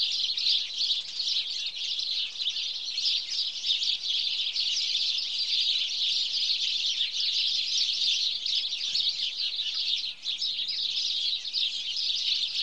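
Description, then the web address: Many house sparrows chirping together in a continuous noisy chatter, with a brief dip near the end. "BBC Sound Effects Library (Birds) House Sparrow (Passer Domesticus)"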